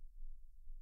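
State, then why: Not seated. The plastic weapon housing of a Kotobukiya 1/144 Wildwurger High Mobility Mode model kit, the triple Falcon, is being closed back up over its fitted blade and handle. Only a low, steady rumbling hum with faint handling noise is heard, with no distinct click. Nothing has seated or clicked yet.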